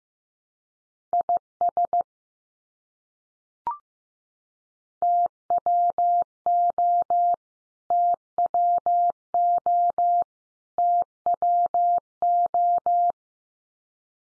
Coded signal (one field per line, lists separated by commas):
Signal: Morse code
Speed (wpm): 15 wpm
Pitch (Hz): 700 Hz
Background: none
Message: IS TWO TWO TWO